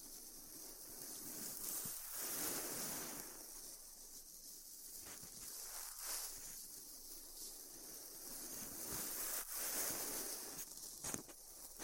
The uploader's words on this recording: ASMR Styrofoam Heat Cutting (No Talking).